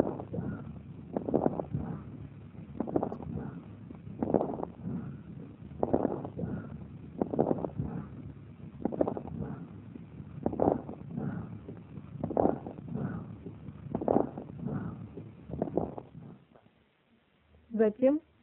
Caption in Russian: Пациентки с так называемым экзогенным аллергическим альвеолитом, развившимся в результате частого профессионального контакта с органической пылью. Ослабленного дыхания и громкой крепитации. Сначала над поверхностью правого легкого. Затем над поверхностью левого легкого.